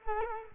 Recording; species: mosquito wingbeat signal from an infrared sensor; Culex quinquefasciatus